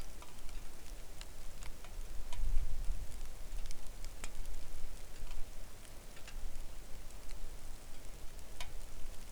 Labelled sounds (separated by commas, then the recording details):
rain
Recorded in the Arctic National Wildlife Refuge, Alaska, on 3 August 2019 at 09:45
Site 41